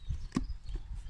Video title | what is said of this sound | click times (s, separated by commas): Jaguar V6 diesel (10 plate) oil and oil filter change | little click at the end here does make sure it's nice and flush okay | 0.4 s